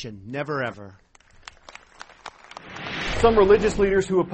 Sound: applause

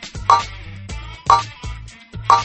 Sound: buzzer

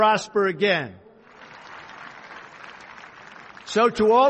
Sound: applause

